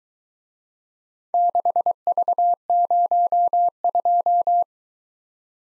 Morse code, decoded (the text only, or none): 6V02